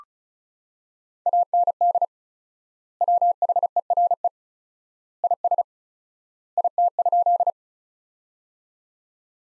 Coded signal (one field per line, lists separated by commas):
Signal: Morse code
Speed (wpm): 36 wpm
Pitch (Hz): 700 Hz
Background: none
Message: AND WHERE IS IT?